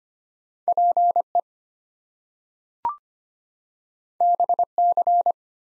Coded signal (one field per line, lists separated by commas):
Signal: Morse code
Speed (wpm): 25 wpm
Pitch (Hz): 700 Hz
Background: none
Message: PE BC